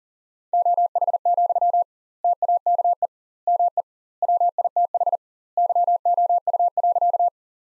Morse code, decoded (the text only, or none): OH, TAKE ME WITH YOU.